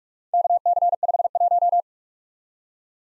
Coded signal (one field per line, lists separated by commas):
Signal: Morse code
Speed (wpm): 46 wpm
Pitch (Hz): 700 Hz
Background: none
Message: KC51